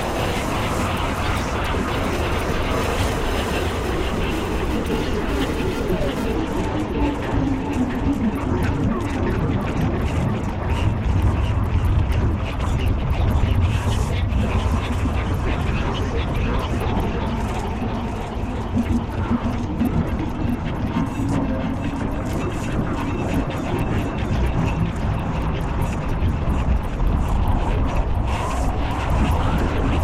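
Sporadic percussive textures sit over a dense, steady wash of low rumble and murmuring, voice-like noise, much like passing traffic. Thin clicks and taps scatter irregularly across the top, thickening after the first few seconds, while the overall loudness stays nearly constant.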